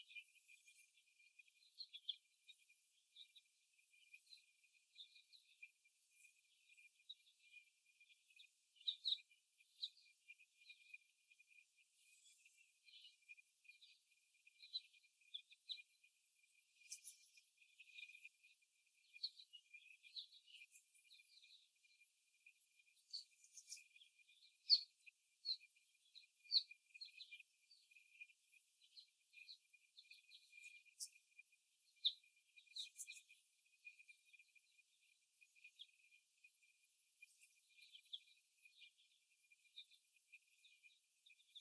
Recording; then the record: young laying hens in a cage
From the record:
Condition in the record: before the stressor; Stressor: simulated dog barking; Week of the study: 1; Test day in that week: 1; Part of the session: 2